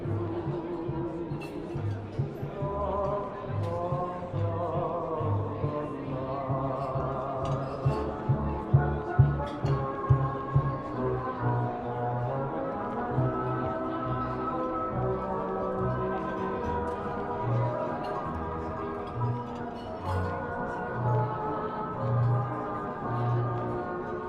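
Oldie music plays steadily in a coffee shop, with a bouncing bass line and held melody notes under light, indistinct talking throughout.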